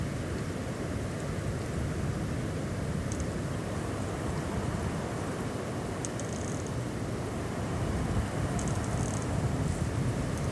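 Coastal dunescape at Studland Nature Reserve, heard as a steady, dense rumble and rush that sits heavily in the low end and barely changes in level. Short bright hissing flickers break through near three, six, and nine seconds.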